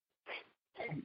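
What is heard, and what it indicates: Two short, harsh throat-clearing bursts half a second apart from an adult man: a throat-clearing vocal tic of Tourette syndrome, diagnosed at age 7, a neurological disorder causing uncontrollable tics, recurring throughout his speech.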